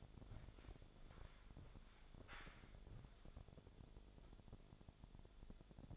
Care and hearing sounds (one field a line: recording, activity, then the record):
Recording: daily activity, microphone in the room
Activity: walk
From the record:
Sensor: 5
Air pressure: 1000.6 hPa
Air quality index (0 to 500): 138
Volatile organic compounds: 2 ppm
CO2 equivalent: 1075 ppm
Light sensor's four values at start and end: 47/111/46/48 and 47/109/45/47